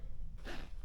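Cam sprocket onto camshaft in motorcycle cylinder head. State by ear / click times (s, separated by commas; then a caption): not seated / none. A cam sprocket, with its chain lined up to the painted zero mark, is being handled over the end of a new camshaft in a motorcycle cylinder head. A low background hum gives way at about 0.4 s to a soft, broad scraping rustle that lasts to the end. Nothing has seated yet.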